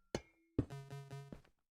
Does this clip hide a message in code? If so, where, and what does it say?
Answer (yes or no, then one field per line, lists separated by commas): no